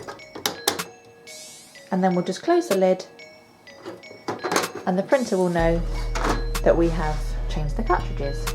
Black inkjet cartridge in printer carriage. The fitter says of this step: the cartridge in like that until it clicks and again the same with the black there